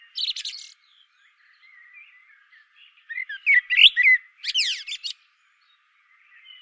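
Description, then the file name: Common blackbird with a brief squeaky note, quiet warbling, then a loud fluted phrase ending in a fast high twitter. "Turdus merula"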